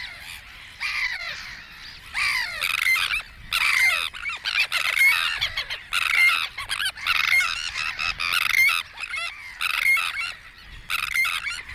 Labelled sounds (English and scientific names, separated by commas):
Sandwich Tern (Thalasseus sandvicensis) call